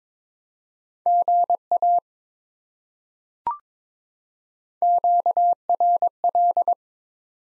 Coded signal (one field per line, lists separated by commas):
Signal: Morse code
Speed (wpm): 21 wpm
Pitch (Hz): 700 Hz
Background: none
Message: GA QRL